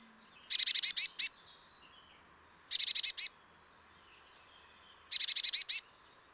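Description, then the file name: Eurasian blue tit calls: three quick bursts of high, chattering notes spread over six seconds. "Cyanistes caeruleus"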